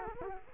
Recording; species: mosquito wingbeat signal from an infrared sensor; Culex quinquefasciatus